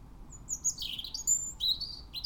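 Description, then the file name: European robin song: a rush of high, thin, jangling notes with sudden pitch jumps and brief trills, heard clearly over soft hum. "Erithacus rubecula"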